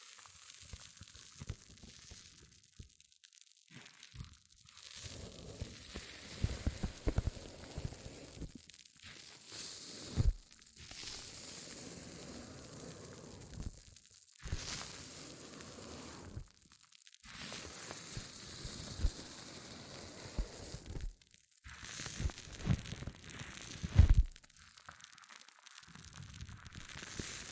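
Hair mousse fizzes and crackles in dense, bright bursts of tiny pops and crinkles, with low bumps and handling thuds mixed in. The sound comes in stretches of several seconds separated by brief silences near 4, 10, 14, 21 and 25 seconds.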